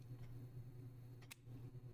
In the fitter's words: There you go. There's a click.